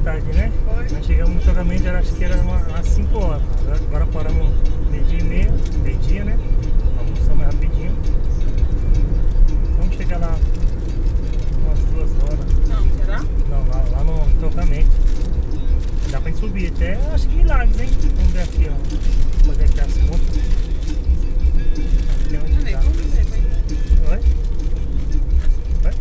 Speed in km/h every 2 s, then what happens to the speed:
88, 89, 89, 89, 88, 87, 84, 81, 80, 76, 68, 63, 63.
0-10 steady at about 88. 10-22 slows to 63.